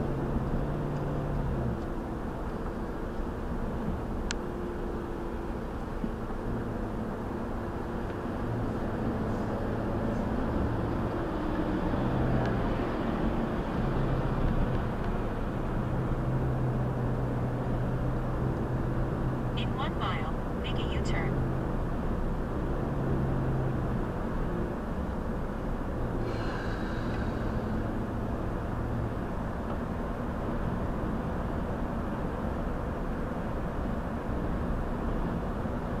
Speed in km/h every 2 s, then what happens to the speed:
74, 71, 66, 66, 71, 76, 77, 79, 81, 82, 84, 84, 82, 82, 87, 87, 87, 87.
0-6 slows to 66. 6-17 speeds up to 82. 17-36 steady at about 84.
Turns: none.